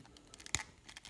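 The plastic left arm of a Marvel Legends Cull Obsidian build-a-figure is pressed into the torso's shoulder socket, and a few faint plastic ticks lead up to one loud, sharp snap at 0.6 s. The arm pops in and is seated, followed by a few more light clicks.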